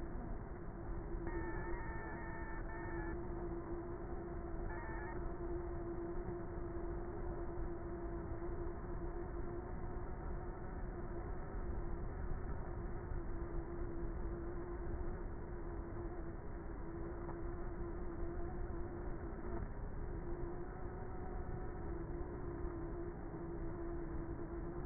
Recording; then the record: honeybee colony, microphone inside the hive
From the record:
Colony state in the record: queenless with a low population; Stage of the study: before two queens were removed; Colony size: about 30,000 bees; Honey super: no